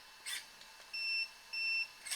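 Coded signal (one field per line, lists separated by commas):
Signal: beep code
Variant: Arrma RC transmitter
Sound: two short, identical high-pitched beeps, with a brief rustle before and after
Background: handling noise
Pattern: 2 short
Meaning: Two beeps indicate the steering stabilization (DSC) level is set low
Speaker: Deux bips. Petit étagement.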